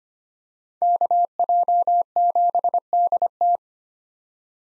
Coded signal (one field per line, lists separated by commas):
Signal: Morse code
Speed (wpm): 25 wpm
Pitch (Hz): 700 Hz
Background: none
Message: KJ7DT